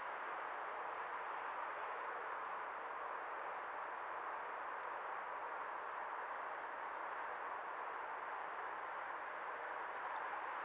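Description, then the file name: Common blackbird with sharp, high, thin call notes repeated about every two and a half seconds, five in all, against a constant soft rushing background. "Turdus merula"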